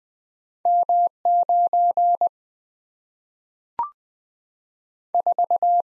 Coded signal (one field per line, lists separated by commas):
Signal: Morse code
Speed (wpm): 20 wpm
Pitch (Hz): 700 Hz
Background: none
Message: M 94